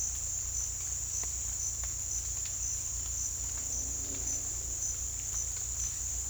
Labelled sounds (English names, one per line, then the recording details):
none
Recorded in dense forest near Puerto Asís, Putumayo, Colombia, on 18 December 2024 at 08:00
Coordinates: 0.486, -76.317
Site G003